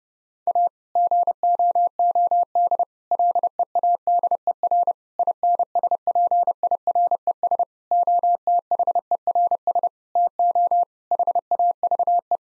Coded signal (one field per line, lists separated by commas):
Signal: Morse code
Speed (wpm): 30 wpm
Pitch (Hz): 700 Hz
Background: none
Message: A GOOD LEADER INSPIRES OTHERS TO HAVE